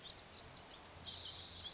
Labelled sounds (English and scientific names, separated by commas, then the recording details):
Bewick's Wren (Thryomanes bewickii)
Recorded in Sonoma County, California